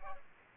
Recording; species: mosquito wingbeat signal from an infrared sensor; Aedes aegypti